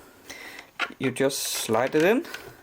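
A battery pack is handled as it is slid toward the small 3D-printed battery ledge in a speed loader housing, with a faint tick at about 0.3 s while someone talks. Nothing has seated or clicked into place yet.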